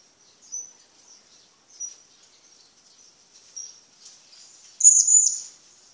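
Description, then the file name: Hanging parrot making thin, high twittering notes at intervals, ending in a louder shrill double call. "suara burung serindit"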